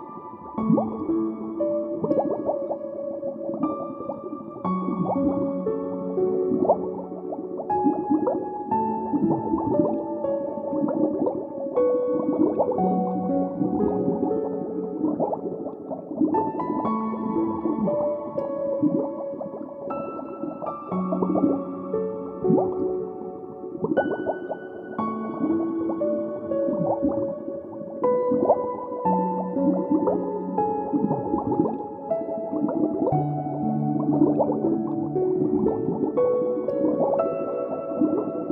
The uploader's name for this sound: Diving Underwater Bubbles